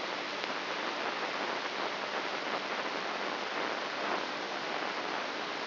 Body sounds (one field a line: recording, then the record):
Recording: brain microelectrode recording played as sound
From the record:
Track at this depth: outside the subthalamic nucleus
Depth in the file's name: 2.138 mm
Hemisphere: left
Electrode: 3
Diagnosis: Parkinson's disease